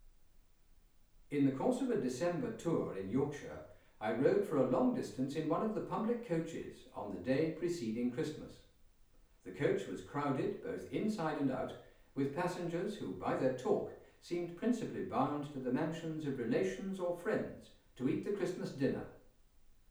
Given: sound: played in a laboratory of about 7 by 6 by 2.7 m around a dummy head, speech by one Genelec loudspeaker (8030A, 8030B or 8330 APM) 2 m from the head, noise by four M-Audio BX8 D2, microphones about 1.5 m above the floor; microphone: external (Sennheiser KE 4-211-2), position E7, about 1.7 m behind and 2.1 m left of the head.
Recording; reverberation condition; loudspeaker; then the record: male speech in English; medium; 90 degrees to the right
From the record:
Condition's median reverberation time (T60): about 510 ms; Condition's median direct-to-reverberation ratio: about -0.5 dB